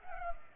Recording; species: mosquito wingbeat signal from an infrared sensor; Culex pipiens